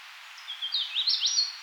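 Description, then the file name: Hooded warbler song: a bright, quick phrase of clear whistled and slurred notes, rising toward the end over about a second, with soft background hiss. "Hooded Warbler - Setophaga citrina"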